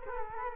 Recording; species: mosquito wingbeat signal from an infrared sensor; Culex quinquefasciatus